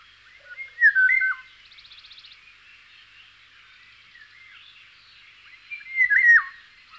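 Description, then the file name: Eurasian golden oriole song, a mellow flute-like phrase, repeated about five seconds later, with a short rapid trill and quiet birdsong between. "kosmos 93 pirol"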